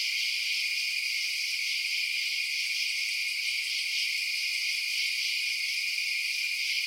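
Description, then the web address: Many insects chirring at once, a steady high-pitched wall of pulsing trills with no pauses. Night insect ambience outdoors at night. "Blast Wave Night Insects ambience-night-insects"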